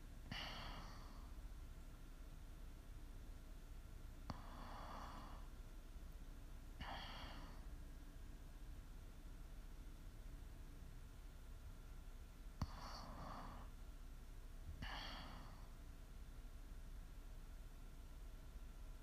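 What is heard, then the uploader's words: Slow, rasping snores come in bursts about every two and a half seconds, with a longer pause in the middle, each a breathy, buzzing rush of air. A constant low rumble and soft hiss fill the background between breaths. ASMR snoring.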